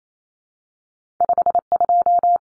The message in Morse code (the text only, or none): 52